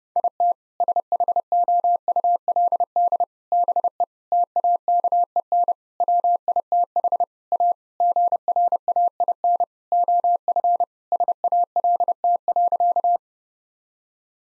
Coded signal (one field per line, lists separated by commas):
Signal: Morse code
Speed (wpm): 30 wpm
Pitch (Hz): 700 Hz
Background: none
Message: IT SHOULD BE TAKEN WITH A GRAIN OF SALT.